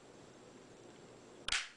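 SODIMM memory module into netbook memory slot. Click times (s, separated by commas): 1.5 s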